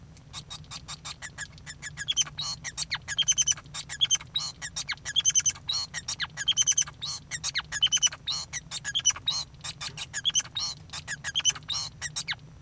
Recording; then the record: song of a male Bengalese finch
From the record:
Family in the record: son of father 5